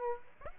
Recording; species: mosquito wingbeat signal from an infrared sensor; Aedes aegypti